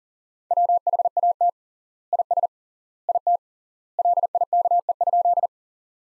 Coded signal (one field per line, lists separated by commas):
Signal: Morse code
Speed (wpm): 40 wpm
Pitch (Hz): 700 Hz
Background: none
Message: WHAT IS IT LIKE?